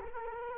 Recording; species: mosquito wingbeat signal from an infrared sensor; Culex quinquefasciatus